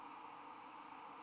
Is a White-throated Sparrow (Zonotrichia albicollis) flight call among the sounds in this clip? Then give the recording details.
no. No flight call is heard. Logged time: 10:04 on 15 December 2014